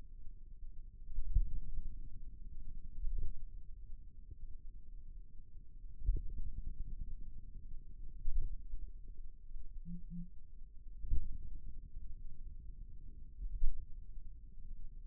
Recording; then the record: forearm muscle sounds (acoustic myography)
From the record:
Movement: finger pinch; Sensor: system 2, bracelet of six BSWA MPA416 microphones around the upper forearm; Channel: 3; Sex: male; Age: 22 years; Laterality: right